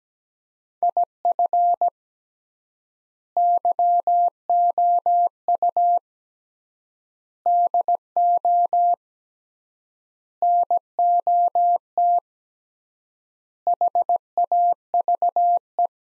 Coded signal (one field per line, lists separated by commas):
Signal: Morse code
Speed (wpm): 17 wpm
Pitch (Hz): 700 Hz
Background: none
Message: IF YOU DO NOT HAVE